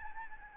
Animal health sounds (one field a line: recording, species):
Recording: mosquito wingbeat signal from an infrared sensor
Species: Aedes albopictus